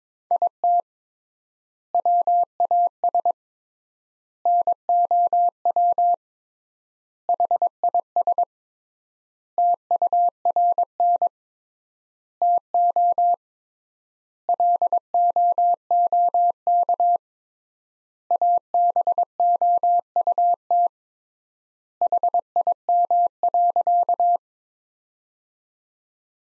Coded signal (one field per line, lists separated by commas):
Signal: Morse code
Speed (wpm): 22 wpm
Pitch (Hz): 700 Hz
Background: none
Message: IT WAS NOW HIS TURN TO LOOK ABOUT HIM.